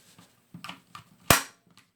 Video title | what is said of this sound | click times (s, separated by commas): Vedder Holsters: is it worth the price? | that's a really positive click now I like that | 1.3 s